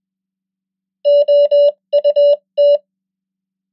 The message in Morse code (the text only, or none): OUT